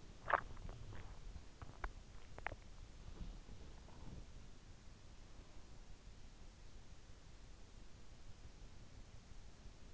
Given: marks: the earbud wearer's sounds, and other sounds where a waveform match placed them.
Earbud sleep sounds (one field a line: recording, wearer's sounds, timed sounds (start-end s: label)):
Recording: sounds in sleep by an in-ear microphone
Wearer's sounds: swallowing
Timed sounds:
0.00-4.59 s: swallowing